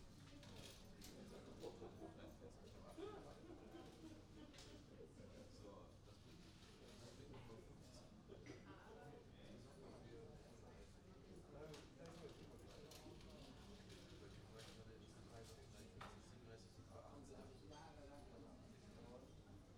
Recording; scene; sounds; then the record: everyday scene through a hearing-aid microphone; many people talking; many voices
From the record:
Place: university cafeteria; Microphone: in the ear canal, right